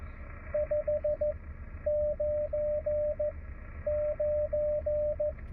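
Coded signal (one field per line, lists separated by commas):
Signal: Morse code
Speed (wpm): 15 wpm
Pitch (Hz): 600 Hz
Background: radio noise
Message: 599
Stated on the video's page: Park activation during the WWFF August in the Parks 2025 event, hunting and park-to-park contacts, operated from the car when rain started.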